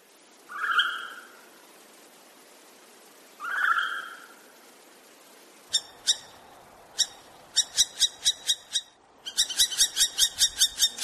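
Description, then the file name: Northern hawk-owl calls: two drawn-out squealing notes, then a series of sharp repeated clicking notes. "Krik sovy - YAstrebinaya sova"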